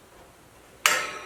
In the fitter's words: There's the click, and you rotate it clockwise.